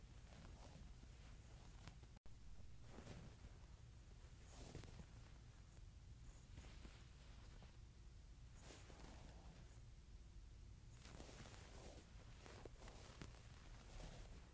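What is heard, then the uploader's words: Wool shirt fabric rustles and brushes continuously with soft scratchy swishes, a steady low rumble beneath, and a brief dropout near two seconds. ASMR Wool Shirt.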